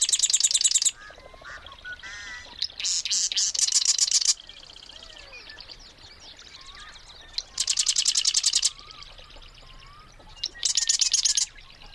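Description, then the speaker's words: Marsh wren song: bursts of dry rattling trills, mostly about a second long, separated by pauses. Sitting atop a cattail in a North Dakota wetland. "marsh wren sitting atop a cattail in a North Dakota wetland."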